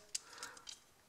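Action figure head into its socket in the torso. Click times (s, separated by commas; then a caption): 0.2 s. While a plastic robot action figure is transformed, a flap is swung back to reveal the head, which is pushed into its socket in the torso. A sharp click at 0.2 s (0.15 s) marks the head seating in place, followed by fainter plastic ticks around 0.4 s and 0.7 s. The head is seated.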